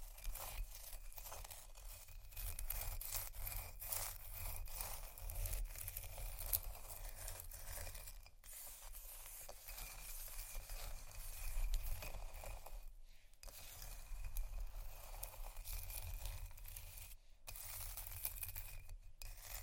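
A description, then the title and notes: Ice being scratched in a dense, continuous gritty scraping with small crackles and taps, a low rumble underneath, and brief pauses near 8, 13 and 17 seconds. Ice Scratch & Tap. No Talking.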